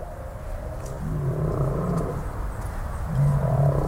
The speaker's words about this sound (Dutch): Het water stroomt vrij en in alle zeeën klinkt opgelucht het zingen van de grote walvissen. De zee is nabij, luister maar.